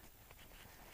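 A hammock cord loop is shoved over part of a snap fastener on a fabric poncho while it is handled, with only faint low rustling and no sharp sound. Nothing has seated or clicked yet; the snap is not closed.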